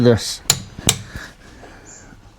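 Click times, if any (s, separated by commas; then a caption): 0.9 s. Someone talks briefly as a click-type torque wrench tightens a car wheel nut. The wrench gives a single sharp click at 0.9 s, showing the nut has reached the wrench's calibrated torque setting. The click means it is set and should not be forced past.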